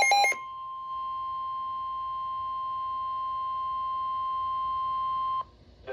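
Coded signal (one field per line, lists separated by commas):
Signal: Emergency Alert System (SAME) tones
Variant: 1050 Hz attention tone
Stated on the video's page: Severe thunderstorm warning received on NOAA Weather Radio.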